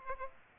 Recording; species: mosquito wingbeat signal from an infrared sensor; Aedes aegypti